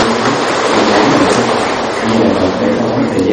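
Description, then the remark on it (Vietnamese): An audience in the retreat dharma hall of Đông Phước Pagoda claps to welcome a Buddhist Venerable, a loud, dense, unbroken burst of applause, the many hand claps blending into a steady roar that holds its level for the whole few seconds. “Một lần nữa xin quý vị cho một tràng pháo tay thật to.”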